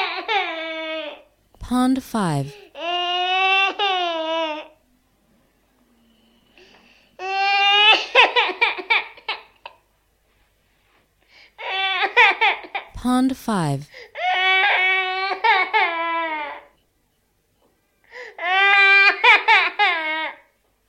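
A 14-month-old boy crying in repeated high-pitched wailing bursts with sharp inhaled gasps between them; an ordinary cry.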